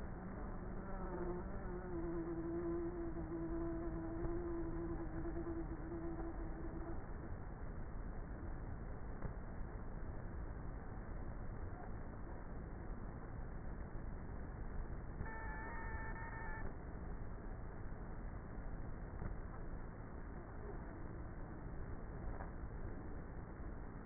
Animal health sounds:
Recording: honeybee colony, microphone inside the hive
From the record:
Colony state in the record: queenless with a low population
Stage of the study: before two queens were removed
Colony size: about 30,000 bees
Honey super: no

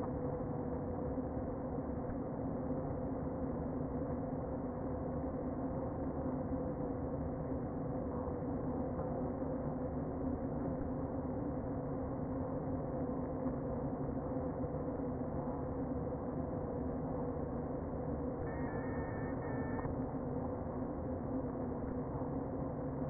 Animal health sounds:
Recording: honeybee colony, microphone inside the hive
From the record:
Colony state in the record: queen present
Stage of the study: before two queens were removed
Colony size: about 60,000 bees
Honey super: yes

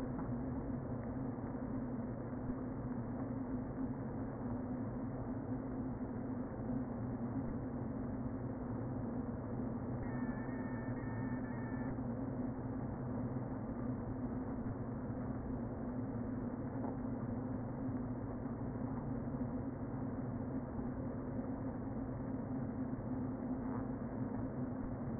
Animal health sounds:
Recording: honeybee colony, microphone inside the hive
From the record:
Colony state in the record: queen present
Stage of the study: before two queens were removed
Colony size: about 60,000 bees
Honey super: yes

